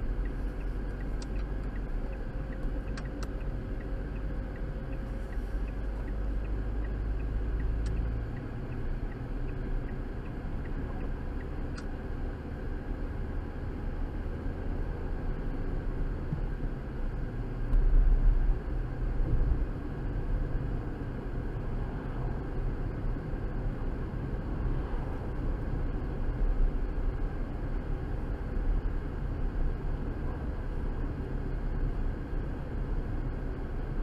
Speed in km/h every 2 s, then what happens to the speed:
21, 23, 23, 24, 27, 32, 35, 39, 40, 45, 45, 47, 50, 52, 52, 52, 50.
0-5 steady at about 23. 5-25 speeds up to 52. 25-34 steady at about 52.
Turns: 0-3.